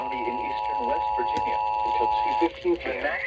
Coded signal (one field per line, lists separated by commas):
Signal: Emergency Alert System (SAME) tones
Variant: 853 and 960 Hz attention tone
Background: speech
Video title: A bunch of SVRs || EAS Alerts from 6/17 - 6/19, EAS #548 - #605